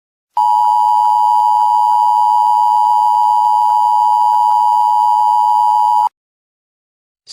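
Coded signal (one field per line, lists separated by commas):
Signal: Emergency Alert System (SAME) tones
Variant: 853 and 960 Hz attention tone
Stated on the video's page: Fictional EAS scenario using valid EAS tones.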